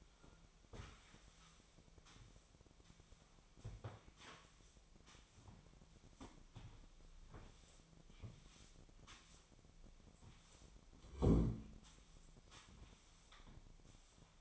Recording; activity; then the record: daily activity, microphone in the room; sweep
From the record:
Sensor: 1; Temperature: 25.6 degrees Celsius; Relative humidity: 38.0%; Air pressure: 1007.0 hPa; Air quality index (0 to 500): 205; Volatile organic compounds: 23 ppm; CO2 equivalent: 2771 ppm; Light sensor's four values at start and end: 12/32/12/14 and 12/30/12/13